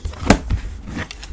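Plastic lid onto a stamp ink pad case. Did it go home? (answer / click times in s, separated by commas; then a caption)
yes / 0.3 s. A plastic lid is closed onto a stamp ink pad case after inking, giving a sharp snap at 0.3 s as it clicks into place. Fainter taps and rustles come before and after the snap, with a smaller knock around 0.5 s and a light tick near 1.1 s. The lid is seated shut.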